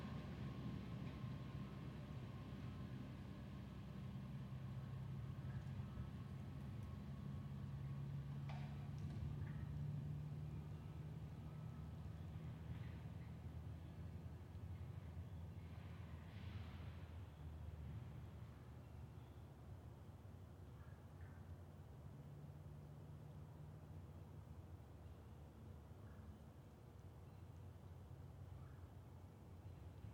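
A train rumbles low and steady throughout, swelling around eight to twelve seconds and then easing off. A thin, steady whine holds until about sixteen seconds. A few faint, short, higher calls surface now and then behind the rumble.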